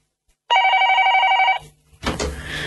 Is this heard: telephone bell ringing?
yes